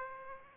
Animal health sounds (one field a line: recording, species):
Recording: mosquito wingbeat signal from an infrared sensor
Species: Aedes aegypti